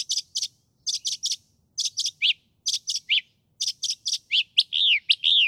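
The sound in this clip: Northern mockingbird song: harsh repeated triplet chirps in quick bursts, ending in longer downslurred squeaky notes.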